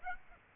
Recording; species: mosquito wingbeat signal from an infrared sensor; Aedes aegypti